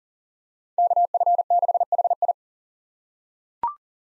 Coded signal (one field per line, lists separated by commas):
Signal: Morse code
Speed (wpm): 39 wpm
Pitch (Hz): 700 Hz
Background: none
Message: KF6HI